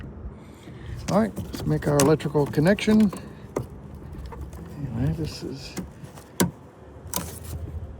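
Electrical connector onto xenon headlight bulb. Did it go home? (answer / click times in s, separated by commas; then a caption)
yes / 6.4 s. Someone talks while plugging the electrical connector onto a xenon headlight bulb on a 2009 Saab 9-3 Aero XWD. A sharp click at 6.4 s marks the connector seating, followed by a few quieter handling sounds.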